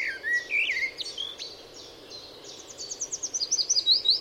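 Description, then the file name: Eurasian blackbird warbling low and flutelike for about a second, then a stream of thin, high, squeaky twittering notes. "Turdus merula"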